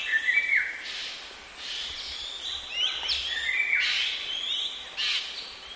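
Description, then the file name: Crow uttering raspy, descending caws in irregular succession, with a persistent high-pitched hiss behind. "sg gagak"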